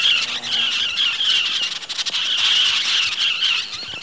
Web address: Natures Songs S America Eastern Lowlands 114 Scarlet-shouldered Parrotlet